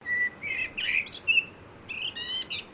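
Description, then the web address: Blackbird calling with a series of high, thin notes, some buzzy and harmonic, in short bursts separated by brief pauses. "Sound Effects-Foundation 1 BIRD BLACKBIRD CALL"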